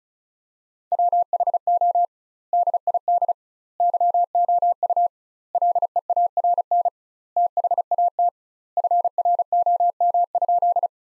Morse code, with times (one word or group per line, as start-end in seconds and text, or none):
0.9-2.1 WHO
2.5-3.3 DID
3.8-5.1 YOU
5.5-6.9 LEARN
7.4-8.3 THAT
8.8-10.9 FROM?